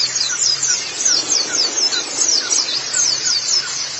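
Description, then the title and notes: White-eye song: rapid, high, thin twittering notes in quick continuous runs. "Kicauan Burung Pleci Durasi Panjang. Suara kicauan burung pleci"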